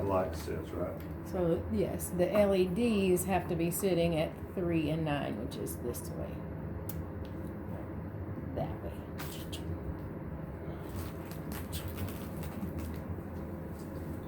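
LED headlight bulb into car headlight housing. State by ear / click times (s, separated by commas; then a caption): not seated / none. Someone talks while an LED headlight bulb is turned so its LEDs sit at 3 and 9 o'clock and set into the headlight housing of a Cadillac SRX, with a brief faint tap near 6.9 s and quiet handling after. Nothing has seated or clicked yet; the bulb makes none of the little click you would expect.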